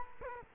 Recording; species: mosquito wingbeat signal from an infrared sensor; Culex quinquefasciatus